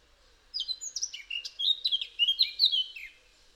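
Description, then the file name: Eurasian blackcap song: a rapid, varied warble of scratchy, high notes running for about two and a half seconds, then stopping. "Sylvia atricapilla"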